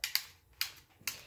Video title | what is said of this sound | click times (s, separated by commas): Helmet Fitting | It's click, click, clicking, and I'm getting a nice snug fit | 0.0 s, 0.2 s, 0.6 s, 1.1 s